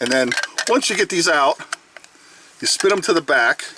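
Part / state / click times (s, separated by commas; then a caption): plastic toy robot feet into the leg/body of a transforming figure / not seated / none. Someone talks while handling the plastic feet of a transforming fast-food collectible robot figure, spinning them to the back toward the leg to pop them into place. Two faint ticks sound at about 2.0 s between the speech, but nothing has seated or clicked yet.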